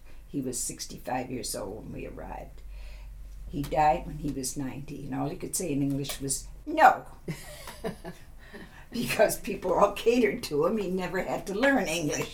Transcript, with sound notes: He was sixty-five years old when we arrived. He died when he was ninety and all he could say in English was "No!" [Laughs] Because people all catered to him, he never had to learn English.